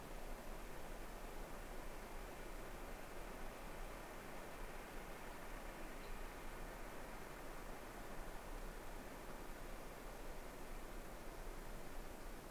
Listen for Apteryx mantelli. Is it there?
no